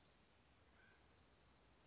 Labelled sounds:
Dark-eyed Junco (Junco hyemalis)
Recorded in Sonoma County, California

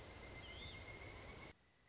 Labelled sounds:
Pileated Woodpecker (Dryocopus pileatus)
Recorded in Sonoma County, California

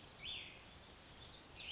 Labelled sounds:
Cassin's Vireo (Vireo cassinii)
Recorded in Sonoma County, California

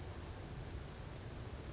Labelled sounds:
Western Flycatcher (Empidonax difficilis)
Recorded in Sonoma County, California

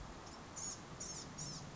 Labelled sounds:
Blue-gray Gnatcatcher (Polioptila caerulea)
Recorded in Sonoma County, California

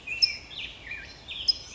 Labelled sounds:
California Towhee (Melozone crissalis)
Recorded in Sonoma County, California

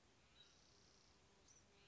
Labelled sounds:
Spotted Towhee (Pipilo maculatus)
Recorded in Sonoma County, California

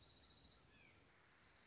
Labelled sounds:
Dark-eyed Junco (Junco hyemalis)
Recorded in Sonoma County, California

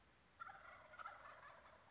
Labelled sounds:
Wild Turkey (Meleagris gallopavo)
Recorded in Sonoma County, California

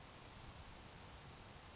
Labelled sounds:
Grasshopper Sparrow (Ammodramus savannarum)
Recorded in Sonoma County, California

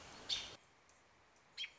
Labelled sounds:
American Robin (Turdus migratorius)
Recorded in Sonoma County, California

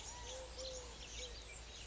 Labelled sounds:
Eurasian Collared Dove (Streptopelia decaocto)
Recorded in Sonoma County, California

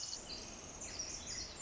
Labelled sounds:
Pacific Wren (Troglodytes pacificus)
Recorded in Sonoma County, California

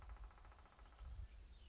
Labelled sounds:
Western Flycatcher (Empidonax difficilis)
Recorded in Sonoma County, California

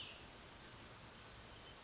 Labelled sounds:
Cassin's Vireo (Vireo cassinii)
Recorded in Sonoma County, California

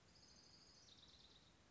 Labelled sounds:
Orange-crowned Warbler (Leiothlypis celata)
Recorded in Sonoma County, California

